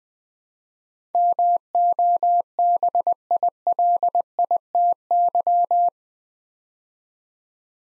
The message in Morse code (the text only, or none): MOBILITY